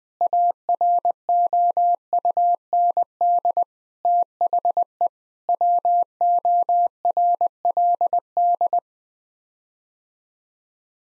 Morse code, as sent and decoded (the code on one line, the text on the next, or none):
.- .-. --- ..- -. -.. / - .... . / .-- --- .-. .-.. -..
AROUND THE WORLD